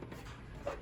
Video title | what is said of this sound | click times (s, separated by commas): VW 40hp big bore build | They just snap into place like this. | 0.7 s